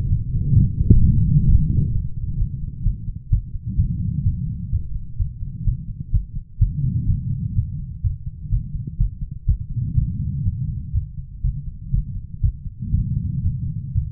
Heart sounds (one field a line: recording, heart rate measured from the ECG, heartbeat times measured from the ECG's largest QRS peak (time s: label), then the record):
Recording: heart sounds by stethoscope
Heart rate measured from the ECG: 126 bpm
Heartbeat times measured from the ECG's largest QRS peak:
0.09 s: heartbeat
0.55 s: heartbeat
1.00 s: heartbeat
1.46 s: heartbeat
1.92 s: heartbeat
2.38 s: heartbeat
2.84 s: heartbeat
3.30 s: heartbeat
3.77 s: heartbeat
4.24 s: heartbeat
4.70 s: heartbeat
5.18 s: heartbeat
5.65 s: heartbeat
6.12 s: heartbeat
6.59 s: heartbeat
7.07 s: heartbeat
7.54 s: heartbeat
8.02 s: heartbeat
8.50 s: heartbeat
8.98 s: heartbeat
9.46 s: heartbeat
9.95 s: heartbeat
10.44 s: heartbeat
10.93 s: heartbeat
11.42 s: heartbeat
11.91 s: heartbeat
12.41 s: heartbeat
12.92 s: heartbeat
13.42 s: heartbeat
13.93 s: heartbeat
From the record:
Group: healthy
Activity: light exercise 0-1 s, rest 1-14 s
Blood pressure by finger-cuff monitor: 157/89 mmHg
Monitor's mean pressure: 109 mmHg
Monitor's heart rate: 127 bpm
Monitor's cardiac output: 8.9 L/min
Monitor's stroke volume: 72 mL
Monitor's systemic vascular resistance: 890 dyn s/cm5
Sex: female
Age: 43 years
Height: 160 cm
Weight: 90 kg